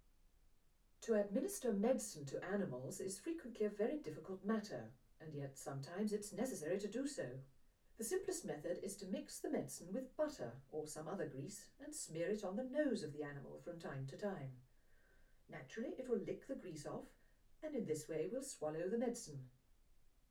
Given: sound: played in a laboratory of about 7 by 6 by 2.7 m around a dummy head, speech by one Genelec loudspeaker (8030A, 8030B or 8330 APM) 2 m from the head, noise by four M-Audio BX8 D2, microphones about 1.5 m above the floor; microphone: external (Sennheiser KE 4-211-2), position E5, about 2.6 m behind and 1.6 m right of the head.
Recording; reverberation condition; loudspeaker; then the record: female speech in English; low; 90 degrees to the left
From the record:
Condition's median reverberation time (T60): about 310 ms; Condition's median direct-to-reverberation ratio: about 3.5 dB